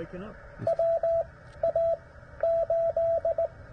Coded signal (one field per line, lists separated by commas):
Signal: Morse code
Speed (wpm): 18 wpm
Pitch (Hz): 690 Hz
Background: speech, radio noise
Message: WA8